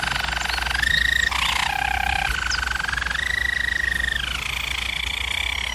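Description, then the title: German Roller canary rolling song: continuous purring trills shifting up and down in pitch, with a brief dip to a lower roll midway. German Roller canary singing, used for training canaries. "German Roller Canary Singing - Canary Training Vid"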